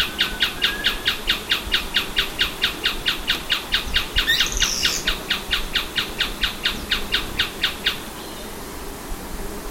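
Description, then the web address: Bird chirps repeated quickly and evenly, two or so each second, with a short high squeal midway before the series stops. "BIRD 2015 SABIOD"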